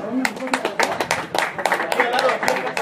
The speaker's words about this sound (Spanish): ¡Un fuerte aplauso!